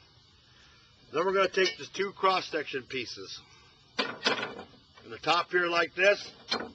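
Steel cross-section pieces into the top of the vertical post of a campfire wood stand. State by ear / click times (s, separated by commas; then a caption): not seated / none. Two steel cross-section pieces of a "Perfect Campfire" wood stand are handled and brought to the top of the stand's vertical post while someone talks over a quiet background. The clip ends before they go home, so nothing has seated or locked into place yet.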